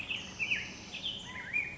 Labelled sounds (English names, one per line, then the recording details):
Black-headed Grosbeak
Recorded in Sonoma County, California